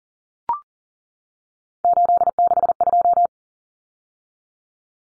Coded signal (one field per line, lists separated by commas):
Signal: Morse code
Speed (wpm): 40 wpm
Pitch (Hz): 700 Hz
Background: none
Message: 862